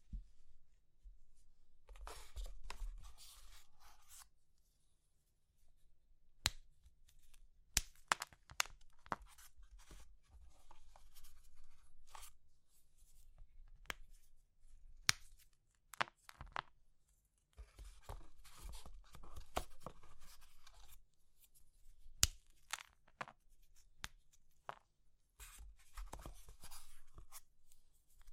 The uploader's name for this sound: Crushing Triggers Soap, Chalk, Meringue, Pastel